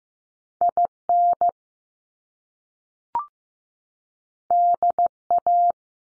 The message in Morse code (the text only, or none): I N D A